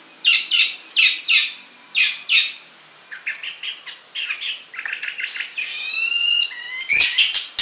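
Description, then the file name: Long-tailed shrike opens with paired harsh notes, then moves into quicker whistled phrases, a rattling trill and a loud scratchy burst at the end. Banyuwangi and Madura cendet types. "Suara Cendet Banyuwangi dan Madura"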